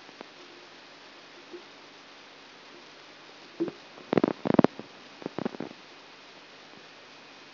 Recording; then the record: brain microelectrode recording played as sound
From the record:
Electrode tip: outside the subthalamic nucleus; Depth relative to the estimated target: -4 mm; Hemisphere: right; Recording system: AlphaMap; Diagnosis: Parkinson's disease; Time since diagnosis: 11 years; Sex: female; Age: 62 years